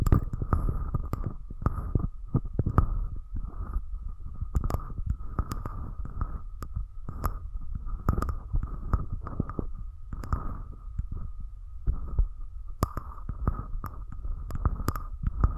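Close up mic treatment with ASMR-style sounds: soft low thumps and rubbing come in a steady, fairly dense pattern, roughly one or two per second, with occasional sharper taps. A thin, steady mid-pitched hum runs underneath throughout.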